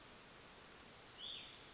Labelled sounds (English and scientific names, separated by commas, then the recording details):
White-breasted Nuthatch (Sitta carolinensis)
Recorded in Sonoma County, California